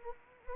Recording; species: mosquito wingbeat signal from an infrared sensor; Anopheles arabiensis